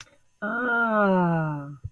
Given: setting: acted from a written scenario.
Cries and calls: vocal sound without words; realization

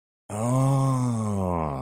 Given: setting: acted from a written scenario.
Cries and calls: vocal sound without words; realization

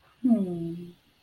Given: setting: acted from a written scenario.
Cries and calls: vocal sound without words; romantic love

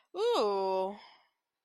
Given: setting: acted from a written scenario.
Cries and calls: vocal sound without words; interest

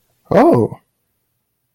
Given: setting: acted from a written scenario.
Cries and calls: vocal sound without words; realization

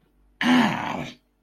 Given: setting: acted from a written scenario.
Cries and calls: vocal sound without words; pain

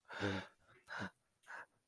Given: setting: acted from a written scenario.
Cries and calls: vocal sound without words; awe

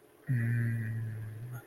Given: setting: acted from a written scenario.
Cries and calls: vocal sound without words; serenity

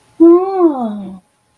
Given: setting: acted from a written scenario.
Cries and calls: vocal sound without words; sympathy

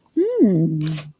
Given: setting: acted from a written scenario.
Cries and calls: vocal sound without words; desire

